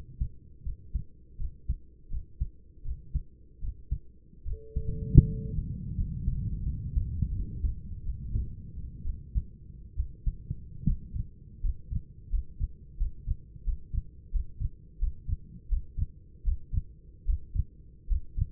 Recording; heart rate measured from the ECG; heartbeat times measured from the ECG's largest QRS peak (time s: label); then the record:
heart sounds by stethoscope; 79 bpm
0.64 s: heartbeat
1.38 s: heartbeat
2.10 s: heartbeat
2.84 s: heartbeat
3.61 s: heartbeat
4.45 s: heartbeat
5.26 s: heartbeat
5.95 s: heartbeat
6.64 s: heartbeat
7.32 s: heartbeat
8.02 s: heartbeat
9.03 s: heartbeat
9.95 s: heartbeat
10.84 s: heartbeat
11.61 s: heartbeat
12.30 s: heartbeat
12.97 s: heartbeat
13.64 s: heartbeat
14.31 s: heartbeat
14.99 s: heartbeat
15.68 s: heartbeat
16.43 s: heartbeat
17.25 s: heartbeat
18.07 s: heartbeat
From the record:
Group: healthy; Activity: rest 0-7 s, breath hold 7-19 s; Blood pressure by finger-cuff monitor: 114/68 mmHg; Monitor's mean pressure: 82 mmHg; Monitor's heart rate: 81 bpm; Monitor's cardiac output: 8.3 L/min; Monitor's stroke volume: 106 mL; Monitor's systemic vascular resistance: 720 dyn s/cm5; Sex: male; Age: 24 years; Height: 184 cm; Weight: 89 kg